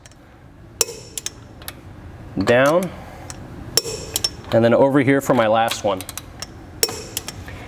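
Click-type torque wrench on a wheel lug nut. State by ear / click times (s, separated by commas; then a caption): torque reached / 6.8 s. A click-type torque wrench tightens the last lug nut of a wheel in a star pattern while someone talks, with several sharp metallic clicks and taps through the clip. The wrench clicks at its torque setting at 6.8 s, the last nut reaching proper torque with about the same rotation as the others.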